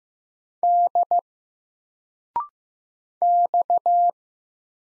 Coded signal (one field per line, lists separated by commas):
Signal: Morse code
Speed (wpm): 15 wpm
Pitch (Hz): 700 Hz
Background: none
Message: D X